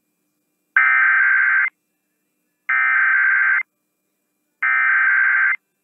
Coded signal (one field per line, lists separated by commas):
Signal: Emergency Alert System (SAME) tones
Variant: header bursts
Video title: Two Days Before Fireworks Tests (EAS #20044-20055) 7/2/24